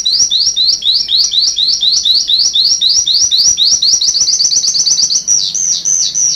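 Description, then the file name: Sanma bird pouring out a steady stream of high chirps about four per second, quickening toward the end, over faint hiss. "suara burung sanma"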